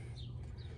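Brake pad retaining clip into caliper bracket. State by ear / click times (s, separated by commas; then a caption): not seated / none. A metal brake pad retaining (abutment) clip is handled and pressed toward the caliper bracket during a front brake change on a Kia Soul. Only a steady low hum and faint higher tones are heard, with no clear click. Nothing has seated or clicked yet.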